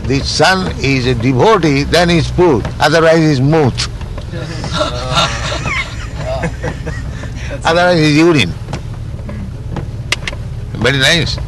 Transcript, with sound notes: the son is a devotee, then he's putra; otherwise he's mutra." [laughter] Otherwise he's urine. Very nice.